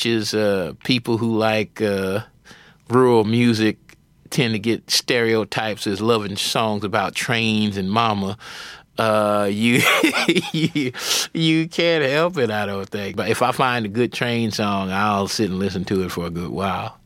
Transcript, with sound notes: people who like rural music tend to get stereotypes as loving songs about trains and mama (laughter), you can't help it, I don't think. But if I find a good train song, I'll sit and listen to it for a good while.